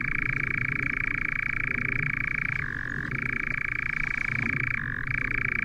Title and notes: Lyden av en nattravn by forskningno